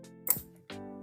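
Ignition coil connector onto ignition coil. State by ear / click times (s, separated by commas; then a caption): seated / 0.3 s. With the grey lock pulled out, a rebuilt plastic connector is pushed onto the ignition coil of a Kia Sportage / Hyundai ix35, Creta or Elantra, and it gives a sharp click at 0.3 s over a steady tonal hum. The connector is seated and stays put when pulled.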